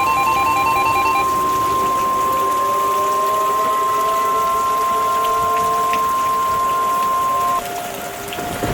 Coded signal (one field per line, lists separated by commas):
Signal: Emergency Alert System (SAME) tones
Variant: 1050 Hz attention tone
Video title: EAS Tornado Warning Recreation - June 23, 2015